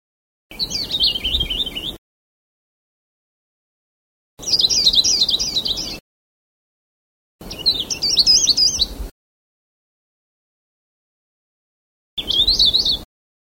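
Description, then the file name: Sulawesi leaf warbler singing four short, high, tumbling twittery phrases separated by pauses of a few seconds. "kicauan cikrak sulawesi. omkicau"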